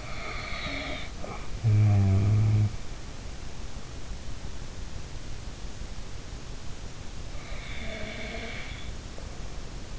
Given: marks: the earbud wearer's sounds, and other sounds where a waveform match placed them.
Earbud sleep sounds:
sounds in sleep by an in-ear microphone; snoring breath
0.00-2.92 s: snoring breath
7.82-8.76 s: snoring breath

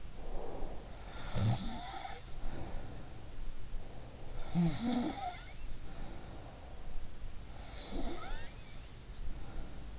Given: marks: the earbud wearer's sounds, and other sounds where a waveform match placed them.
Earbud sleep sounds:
sounds in sleep by an in-ear microphone; breath
0.00-0.84 s: breath
0.85-3.42 s: sound from someone else or the room
4.19-6.66 s: sound from someone else or the room
7.47-9.98 s: sound from someone else or the room

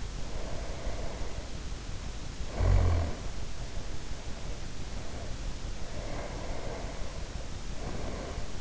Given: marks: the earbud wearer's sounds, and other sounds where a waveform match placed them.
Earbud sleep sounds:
sounds in sleep by an in-ear microphone; snoring breath, breath
0.07-3.22 s: snoring breath
3.57-5.26 s: breath
5.59-8.61 s: breath

